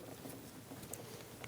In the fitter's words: Push until you hear a click. If you don't, give it a pull, make sure it's locked on.